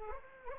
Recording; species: mosquito wingbeat signal from an infrared sensor; Anopheles arabiensis